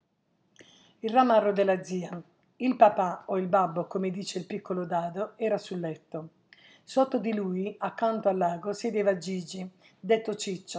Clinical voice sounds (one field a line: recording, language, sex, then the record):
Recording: read passage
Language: Italian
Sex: female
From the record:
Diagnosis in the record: healthy control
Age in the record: 69 years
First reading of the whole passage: 57 s, 9.1 characters per second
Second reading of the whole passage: 50 s, 10.4 characters per second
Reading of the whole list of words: 47 s, 6.0 characters per second